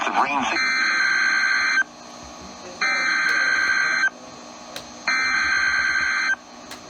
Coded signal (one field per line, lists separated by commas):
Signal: Emergency Alert System (SAME) tones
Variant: header bursts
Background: speech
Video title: EAS #174 - Severe Thunderstorm Warning